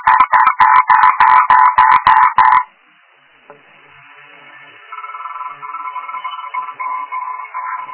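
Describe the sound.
Frog calls: a rapid run of harsh, rattling croaks, then a pause and a quieter, buzzing tonal chorus.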